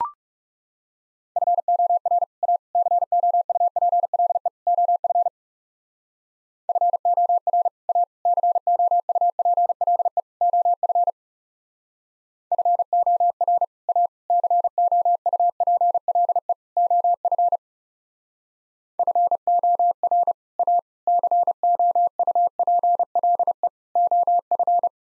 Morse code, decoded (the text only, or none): FOR A COUPLE OF FOR A COUPLE OF FOR A COUPLE OF FOR A COUPLE OF